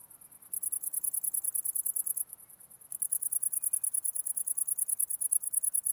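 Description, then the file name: Cricket chirping in quick high pulses that start softly, grow louder, drop away briefly, then carry on strongly. Recorded 11 August 2009. "20090811 crickets"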